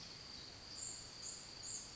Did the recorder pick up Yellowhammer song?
no